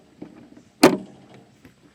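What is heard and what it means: The upper socket end of a gas lift support is pressed onto the ball stud at the rear hatch of a 1977 Toyota Celica while the hatch shocks are replaced. After a few faint handling taps, a single loud, sharp snap at 0.8 s shows the socket seating on the stud, followed by quiet.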